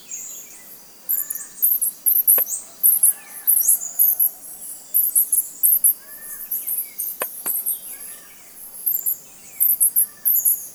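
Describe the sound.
Black jacobin calls: very high, sharp chipping bursts in quick clusters, with pauses between groups, over softer, lower whistled notes and three brief clicks.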